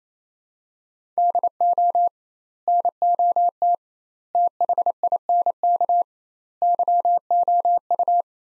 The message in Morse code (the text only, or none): DO NOT THINK YOU